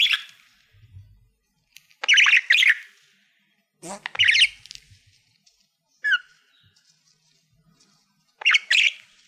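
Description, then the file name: Budgerigar calls in short separate bursts: harsh squawks and chirpy warbles every couple of seconds, with a brief whistled note and quiet gaps between. "Budgie Sounds"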